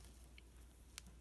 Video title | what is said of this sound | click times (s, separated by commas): Build Your Stash and Craft, wk 17, DIY Glimmer glue/Glimmer paint :) | know neither one of them snapped so because a lot of times you hear it snap when you put it back on so | none